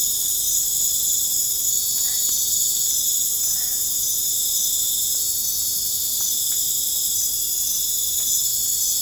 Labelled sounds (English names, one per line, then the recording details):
none
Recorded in pastures near Puerto Asís, Putumayo, Colombia, on 22 December 2024 at 22:00
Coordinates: 0.496, -76.326
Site G004